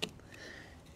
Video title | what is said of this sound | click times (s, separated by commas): Add water to car battery (see description) | it should snap into place okay | 0.0 s